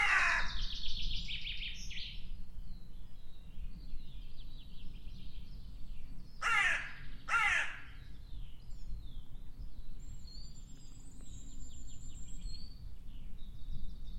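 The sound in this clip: Bird calls: a harsh, broad call opens, then two loud rasping calls about a second apart near the middle, with faint high chirps over a steady low rumble.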